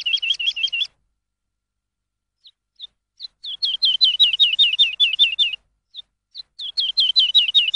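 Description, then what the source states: Lark song: rhythmic, repeated high whistled notes in fast runs, a pause with sparse single chirps, then the rolling series starts again. Lark song used for training songbirds.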